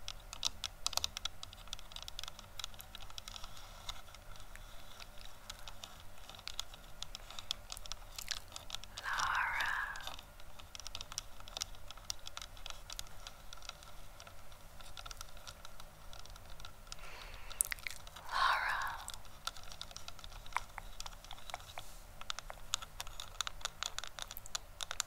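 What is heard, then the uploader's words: Fingers tap on a camera in a quick, irregular patter of light clicks that runs through the whole clip, dry like typing. Two brief, louder mid-pitched bursts break in near the ten- and eighteen-second marks, over a faint low hum. ASMR Camera Tapping + Trigger Words.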